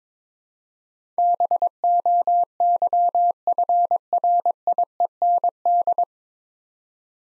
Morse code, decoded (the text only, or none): BOYFRIEND